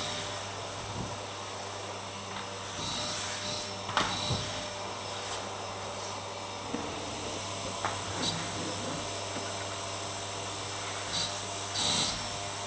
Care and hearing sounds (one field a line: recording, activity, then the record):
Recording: daily activity, microphone in the room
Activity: vacuum cleaning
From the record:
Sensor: 3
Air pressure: 1000.1 hPa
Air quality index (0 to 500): 136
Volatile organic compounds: 2 ppm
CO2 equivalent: 1210 ppm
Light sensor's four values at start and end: 39/87/40/45 and 36/94/39/43